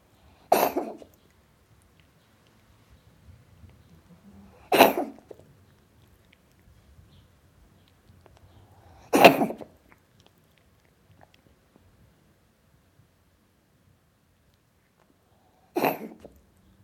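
Four short, harsh, explosive coughs from a cat come at uneven gaps of about four to seven seconds over a quiet background.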